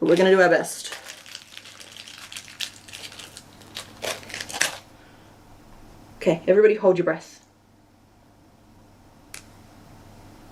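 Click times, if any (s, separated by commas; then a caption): 9.3 s. A plastic washer backing is pushed onto the post of a safety eye through a crocheted amigurumi toy while someone talks over crinkly handling and rustling. After a quiet pause, a single sharp click at 9.3 s marks the backing clicking on and seating on the eye post.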